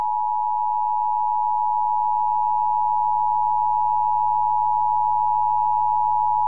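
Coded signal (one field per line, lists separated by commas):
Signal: Emergency Alert System (SAME) tones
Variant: 853 and 960 Hz attention tone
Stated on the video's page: Severe thunderstorm warnings from NWS Medford relayed by an FM station in Ashland, Oregon, recorded from its online live stream.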